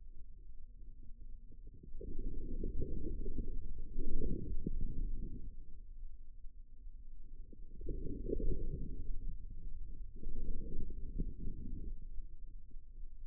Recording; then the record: forearm muscle sounds (acoustic myography)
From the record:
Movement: inward rotation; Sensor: system 2, bracelet of six BSWA MPA416 microphones around the upper forearm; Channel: 4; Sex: female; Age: 25 years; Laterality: right